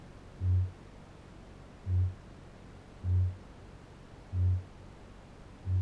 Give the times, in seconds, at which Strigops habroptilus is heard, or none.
0.00-5.81